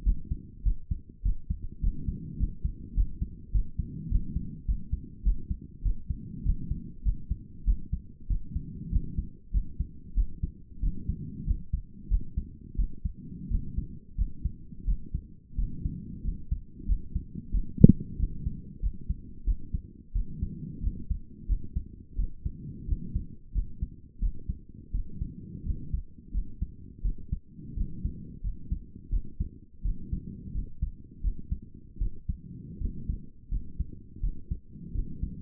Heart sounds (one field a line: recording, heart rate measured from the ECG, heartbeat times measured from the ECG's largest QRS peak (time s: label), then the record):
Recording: heart sounds by stethoscope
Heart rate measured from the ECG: 91 bpm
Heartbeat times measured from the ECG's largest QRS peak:
0.03 s: heartbeat
0.63 s: heartbeat
1.23 s: heartbeat
1.81 s: heartbeat
2.37 s: heartbeat
2.94 s: heartbeat
3.52 s: heartbeat
4.09 s: heartbeat
4.65 s: heartbeat
5.23 s: heartbeat
5.83 s: heartbeat
6.43 s: heartbeat
7.03 s: heartbeat
7.65 s: heartbeat
8.27 s: heartbeat
8.90 s: heartbeat
9.51 s: heartbeat
10.14 s: heartbeat
10.80 s: heartbeat
11.44 s: heartbeat
12.08 s: heartbeat
12.76 s: heartbeat
13.48 s: heartbeat
14.15 s: heartbeat
14.85 s: heartbeat
15.56 s: heartbeat
16.22 s: heartbeat
16.86 s: heartbeat
17.51 s: heartbeat
18.17 s: heartbeat
18.80 s: heartbeat
19.44 s: heartbeat
20.13 s: heartbeat
20.81 s: heartbeat
21.46 s: heartbeat
22.16 s: heartbeat
22.86 s: heartbeat
23.52 s: heartbeat
24.19 s: heartbeat
24.92 s: heartbeat
25.64 s: heartbeat
26.31 s: heartbeat
27.02 s: heartbeat
27.74 s: heartbeat
28.41 s: heartbeat
29.10 s: heartbeat
29.82 s: heartbeat
30.52 s: heartbeat
31.21 s: heartbeat
31.98 s: heartbeat
32.78 s: heartbeat
33.49 s: heartbeat
34.20 s: heartbeat
34.92 s: heartbeat
From the record:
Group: healthy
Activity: rest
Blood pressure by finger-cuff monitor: 161/81 mmHg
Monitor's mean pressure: 103 mmHg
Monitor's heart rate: 91 bpm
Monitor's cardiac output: 8.3 L/min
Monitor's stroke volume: 90 mL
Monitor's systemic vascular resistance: 900 dyn s/cm5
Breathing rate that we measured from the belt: 26 breaths a minute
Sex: female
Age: 22 years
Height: 154 cm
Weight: 58.7 kg